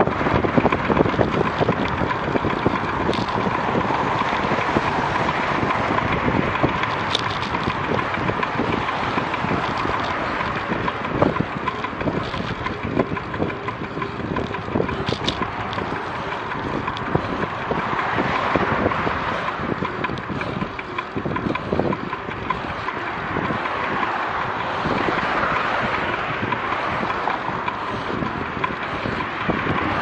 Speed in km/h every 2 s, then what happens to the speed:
30, 26, 25, 22, 23, 22, 17, 20, 20, 20, 18, 20, 20, 21, 21.
0-6 slows to 22. 6-30 steady at about 20.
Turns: none.